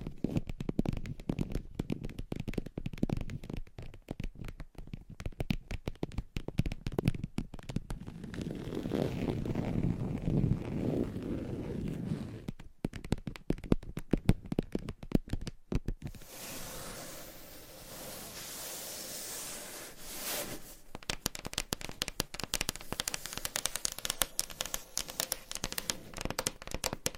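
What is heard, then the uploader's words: Scratching and tapping on a surface, a quick, dense patter of small clicks and scrapes that runs almost without pause. Around eight to twelve seconds a low, muffled rubbing swells underneath, and near sixteen seconds a brighter steady hiss takes over briefly before the tapping returns. Scratching , Tapping , Massage & More No Talking.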